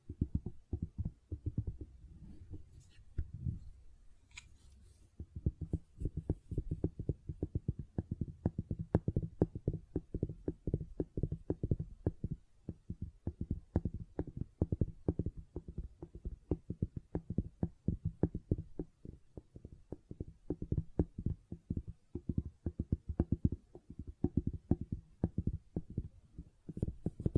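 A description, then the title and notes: Gentle silicon sounds: dense, rapid soft low taps and squishes clicking irregularly throughout, with brief lulls near five and twelve seconds. ASMR Gentle Silicon Sounds for Sleep (No Talking).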